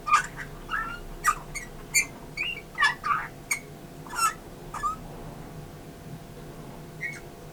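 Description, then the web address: Eurasian bullfinch calling with brief piping whistles in a loose cluster that thins out later, with sharp clicks and a low background hum. "SETE data Pyrrhula pyrrhula"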